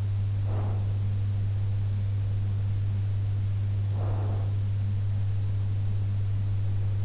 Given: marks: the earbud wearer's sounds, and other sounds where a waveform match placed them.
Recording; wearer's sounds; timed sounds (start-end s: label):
sounds in sleep by an in-ear microphone; breath
0.36-0.99 s: breath
3.85-4.77 s: breath